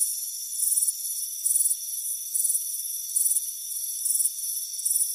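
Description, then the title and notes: Crickets chirping: bright trilled bursts recur a little under once a second, with a steady thin insect hum throughout. Warm afternoon on a front porch; crickets chirping. "Soothing Crickets Chirping Sound. It's a warm afternoon as you relax in a hammock on the front porch. Relax and fall asleep to the soothing sound of chirping crickets. Deep Sleep Sounds"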